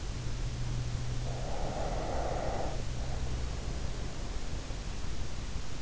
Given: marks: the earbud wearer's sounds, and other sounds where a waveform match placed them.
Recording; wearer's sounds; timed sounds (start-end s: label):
sounds in sleep by an in-ear microphone; breath
1.21-3.81 s: breath